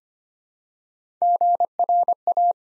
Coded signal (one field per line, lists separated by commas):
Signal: Morse code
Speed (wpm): 25 wpm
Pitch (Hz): 700 Hz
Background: none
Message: GRA